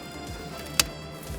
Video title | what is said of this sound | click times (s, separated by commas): HOW TO INSTALL AN OIL CATCH CAN KIT - Damond Motorsports Focus ST Stage 1 kit | and once it you'll hear a very satisfying click | 0.8 s